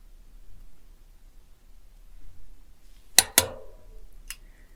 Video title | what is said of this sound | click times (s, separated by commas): Dynabrade Mini Dynafile II Maintenance | Once you hear your torque wrench click in, the | 3.2 s, 3.4 s